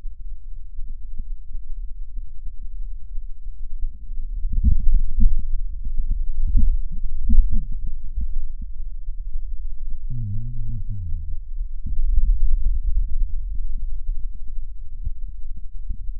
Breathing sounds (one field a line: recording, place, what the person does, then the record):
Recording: lung sounds by stethoscope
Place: left posterior basal chest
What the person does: quiet breathing, then cough and speech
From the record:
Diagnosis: COPD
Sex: male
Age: 70 years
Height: 174 cm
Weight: 94 kg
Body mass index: 31.0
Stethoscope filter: bell mode